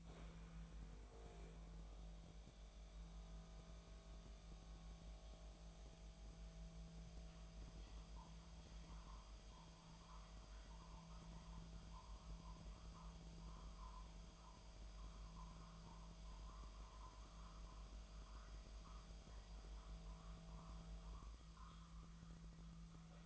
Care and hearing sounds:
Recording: daily activity, microphone in the room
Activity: make coffee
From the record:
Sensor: 1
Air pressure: 1009.4 hPa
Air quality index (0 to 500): 195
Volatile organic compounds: 19 ppm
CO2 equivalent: 2671 ppm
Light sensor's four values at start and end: 28/72/30/36 and 28/73/30/36

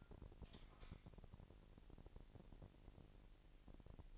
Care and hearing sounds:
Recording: daily activity, microphone in the room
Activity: light on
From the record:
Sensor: 5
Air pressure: 1002.0 hPa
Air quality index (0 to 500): 229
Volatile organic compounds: 31 ppm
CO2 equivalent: 2988 ppm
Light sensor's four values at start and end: 15/36/15/16 and 16/37/15/17

